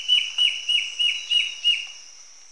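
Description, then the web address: Immaculate antbird: six evenly spaced whistled notes, each slurring downward, against a constant high-pitched hum. Recorded in Ecuador, South America. "Birds of Ecuador. Immaculate Antbird"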